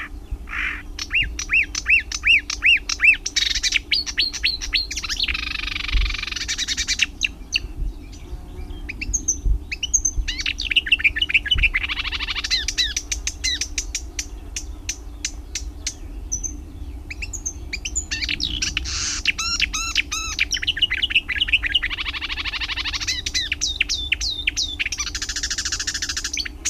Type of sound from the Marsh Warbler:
song